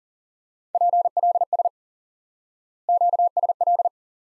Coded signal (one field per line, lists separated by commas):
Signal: Morse code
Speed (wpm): 40 wpm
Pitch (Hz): 700 Hz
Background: none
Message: PLS QSL